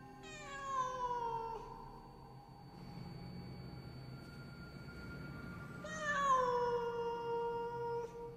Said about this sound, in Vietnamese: Ngay khi tôi quyết định quay lưng đi, đến nhà chú Tình cầu cứu, thì bỗng nhiên trong bụi rậm, nơi có con vật mà nãy giờ tôi vẫn cứ nghĩ là con mèo, bỗng nhiên phát ra những tiếng gừ gừ. Sau đó, nó lại kêu lên.